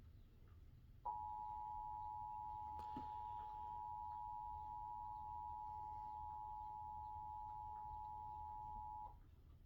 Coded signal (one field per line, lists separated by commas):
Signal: Emergency Alert System (SAME) tones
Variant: 853 and 960 Hz attention tone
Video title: another set of rwts Eas #52